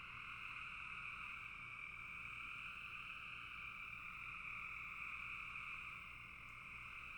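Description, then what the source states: Frogs calling in a dense, continuous chorus, a steady high trill layered in two bands with no pauses. Frogs calling in a bog.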